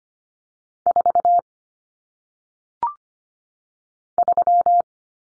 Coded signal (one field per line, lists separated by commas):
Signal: Morse code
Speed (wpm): 25 wpm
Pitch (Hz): 700 Hz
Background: none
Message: 4 3